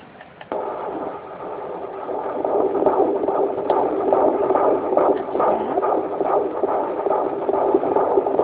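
Fast, steady whooshing pulses at about 140 a minute over Doppler hiss from a home Doppler monitor: a fetal heartbeat at 21 weeks 3 days of pregnancy.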